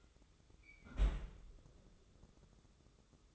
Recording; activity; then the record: daily activity, microphone in the room; close fridge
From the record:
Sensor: 3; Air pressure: 995.2 hPa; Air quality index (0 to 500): 77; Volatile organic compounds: 5 ppm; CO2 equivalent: 1820 ppm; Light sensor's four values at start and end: 19/56/24/20 and 19/56/24/20